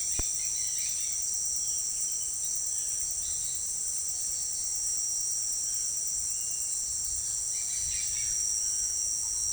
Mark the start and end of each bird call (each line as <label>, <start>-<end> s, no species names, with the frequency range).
bird call (1.5-5.4 kHz), 0.00-1.28 s
bird call (1.4-5.3 kHz), 1.55-8.39 s